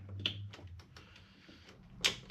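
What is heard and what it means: Small plastic retaining clips on the housing of an engine-bay component are popped open so the plastic top cover can be lifted off to reach a connector. Two sharp plastic snaps ring out at 0.3 s and 2.1 s, with a few fainter ticks and a low hum between them. The clips release and the cover comes right off.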